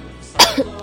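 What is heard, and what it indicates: A single short, sharp cough burst with a brief voiced tail, from an adult woman who has been coughing all day and whose voice is a little hoarse.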